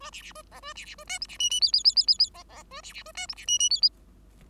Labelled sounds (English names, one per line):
Bengalese Finch song